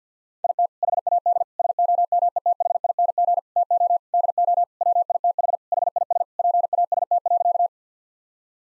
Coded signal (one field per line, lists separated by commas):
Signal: Morse code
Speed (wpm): 50 wpm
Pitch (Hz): 700 Hz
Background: none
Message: IT HAD SOMETHING TO DO WITH HIS PAST.